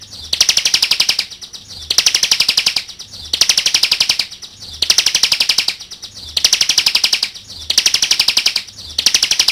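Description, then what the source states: Bar-winged prinia song made of high, buzzy rapid trills, each burst about a second long, repeated steadily roughly every one and a half seconds. Local name ciblek; song (kicau).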